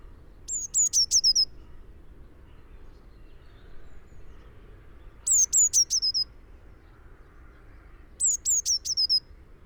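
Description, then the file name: Eurasian blue tit giving three short bursts of five or six high, thin, descending notes, spaced a few seconds apart, against a quiet background. "Cyanistes caeruleus"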